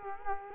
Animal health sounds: mosquito wingbeat signal from an infrared sensor; Culex quinquefasciatus

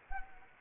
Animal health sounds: mosquito wingbeat signal from an infrared sensor; Anopheles arabiensis

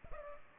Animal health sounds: mosquito wingbeat signal from an infrared sensor; Culex pipiens

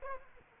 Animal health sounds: mosquito wingbeat signal from an infrared sensor; Aedes aegypti

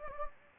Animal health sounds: mosquito wingbeat signal from an infrared sensor; Anopheles gambiae

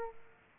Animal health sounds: mosquito wingbeat signal from an infrared sensor; Aedes aegypti

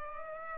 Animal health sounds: mosquito wingbeat signal from an infrared sensor; Culex pipiens

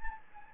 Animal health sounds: mosquito wingbeat signal from an infrared sensor; Anopheles gambiae

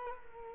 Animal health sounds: mosquito wingbeat signal from an infrared sensor; Culex quinquefasciatus

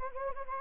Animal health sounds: mosquito wingbeat signal from an infrared sensor; Anopheles gambiae

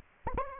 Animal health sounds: mosquito wingbeat signal from an infrared sensor; Anopheles arabiensis

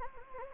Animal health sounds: mosquito wingbeat signal from an infrared sensor; Anopheles gambiae

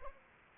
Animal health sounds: mosquito wingbeat signal from an infrared sensor; Anopheles arabiensis

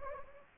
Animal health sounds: mosquito wingbeat signal from an infrared sensor; Anopheles gambiae

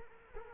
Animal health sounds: mosquito wingbeat signal from an infrared sensor; Culex quinquefasciatus

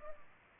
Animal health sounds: mosquito wingbeat signal from an infrared sensor; Culex pipiens

